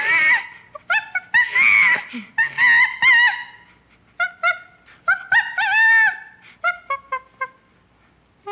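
Chimpanzee screams and squeals: loud rough cries at first, followed by clusters of shorter harmonic yelps and whimpers with short pauses between.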